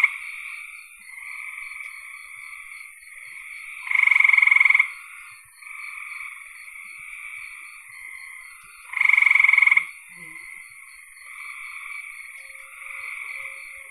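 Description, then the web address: Frogs in chorus: continuous high, reedy calling, twice interrupted by a louder, fast-pulsed trill about a second long, five seconds apart. "cn frogs"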